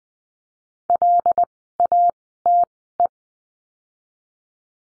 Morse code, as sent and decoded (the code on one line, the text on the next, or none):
.-.. .- - .
LATE